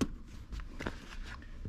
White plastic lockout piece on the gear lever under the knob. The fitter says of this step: locks and it I heard a click that